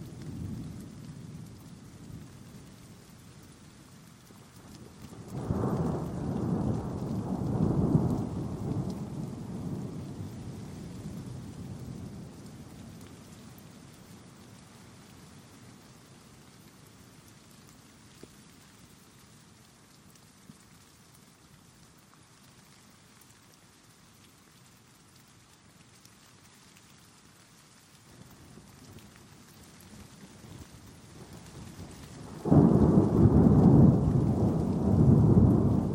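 A thunderstorm with steady rain hissing underneath. Deep rolls of thunder swell early on, crest around six to nine seconds, then fade into a long quieter stretch of rain before a sudden loud crack and heavy rumble near the end.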